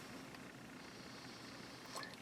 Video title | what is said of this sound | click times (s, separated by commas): SKS-D uses AK47 mag. SKS-M, MC-5D, SKS-KD. Shooting AK drum magazine at end screen | सकते हैं, आप इस career को वापस खींचते हैं और आप पिन को नीचे दबाते हैं और यह रिसीवर पर लॉक हो जाता है | 0.3 s